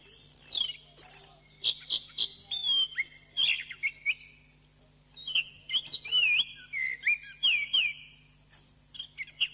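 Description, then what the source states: Bird song in separate bursts of chirps, sweeping whistles and buzzy notes, with short pauses between, over a steady low hum. Masteran birdsong training recording.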